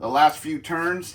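A suppressor is being handled onto a rifle's muzzle mount, with its locking collar to be turned the last few turns until it locks. In this 1.2-second stretch only someone talking is heard. Nothing has seated or clicked yet.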